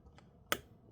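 Captive screw number 2 on the heatsink mount of an HP EliteBook x360 1040 G8 laptop is turned backwards until its thread drops into engagement, and then it is tightened. A faint tick at 0.2 s is followed by a sharp, bright click at 0.5 s as the thread seats.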